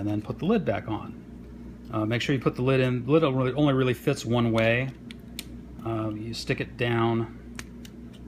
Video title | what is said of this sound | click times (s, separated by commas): Retrofitting Quartex Q80 clock movements for the Crazy Clock | the snaps pass through two clicks and we're back together again | 7.6 s, 7.9 s